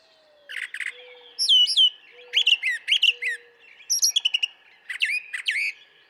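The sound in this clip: Brown thrasher song with rapid sweeping whistles and chips, several phrases given twice in a row, over faint low sustained tones.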